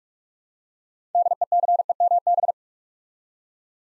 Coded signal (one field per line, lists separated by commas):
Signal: Morse code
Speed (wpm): 44 wpm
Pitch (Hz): 700 Hz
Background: none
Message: DECEMB